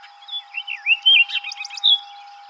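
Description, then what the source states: Orchard oriole song: bright whistled slurs rising and dipping, then a burst of rapid chattered notes and a final clear whistle. Recorded 7 July 2007.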